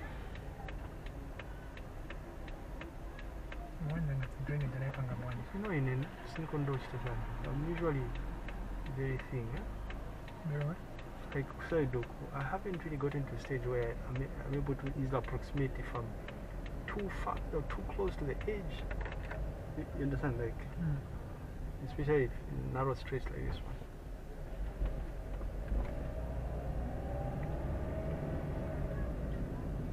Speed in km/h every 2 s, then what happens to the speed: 6, 6, 3, 0, 0, 0, 0, 6, 9, 10, 10, 7, 8, 15, 20.
0-5 slows to 0. 5-13 standing. 13-17 pulls away to 10. 17-24 steady at about 8. 24-30 speeds up to 20.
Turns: none.